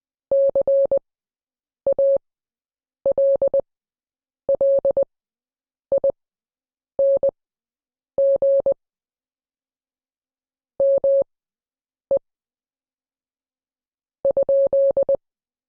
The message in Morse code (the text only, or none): CALLING ME ?